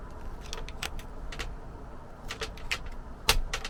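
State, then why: Torque reached. A plastic cap nut on an MC4 connector body is tightened with the special spanner supplied with it, giving a series of short, sharp plastic ticks. The loudest click comes at 3.3 s, when the nut has been tightened until it clicks and the job is done.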